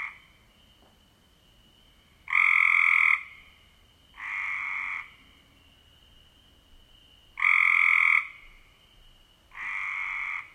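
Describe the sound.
Cope's gray treefrog trills, four harsh buzzy trills each under a second, alternating loud and softer, with a faint steady high tone between.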